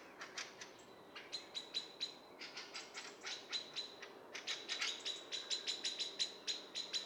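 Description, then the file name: Eurasian blackbird calling with a steady string of dry chink notes, several a second, accompanied by a thin high-pitched whistle that comes and goes. "Turdus merula"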